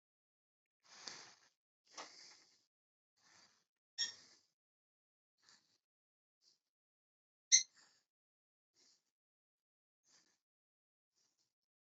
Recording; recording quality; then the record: shallow breathing; moderate, slight background noise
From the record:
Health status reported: healthy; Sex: male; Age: 24 years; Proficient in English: yes